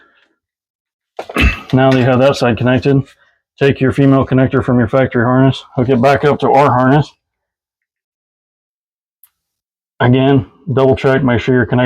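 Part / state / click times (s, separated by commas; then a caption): factory harness connector into add-on harness / seated / 9.2 s. Someone talks and clears their throat while the female connector from the factory harness is plugged into the add-on 52000 harness during an install on a 2005 Fleetwood American Eagle motorhome. In a quiet gap, a single sharp plastic click sounds at 9.2 s as the connector seats, and then the talking resumes.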